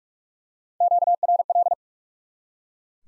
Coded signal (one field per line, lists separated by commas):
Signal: Morse code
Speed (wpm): 43 wpm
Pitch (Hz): 700 Hz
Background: none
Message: QRL